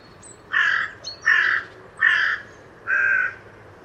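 Bird giving four harsh, grating caws at a fairly even pace, each roughly a third of a second long, against a soft low hum.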